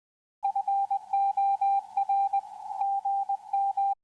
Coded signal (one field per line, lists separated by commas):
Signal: Morse code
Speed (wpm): 20 wpm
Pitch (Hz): 790 Hz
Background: radio noise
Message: FOR GM